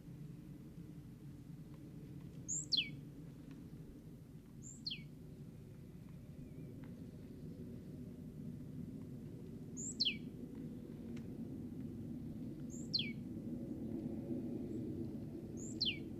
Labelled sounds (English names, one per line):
Great Tit call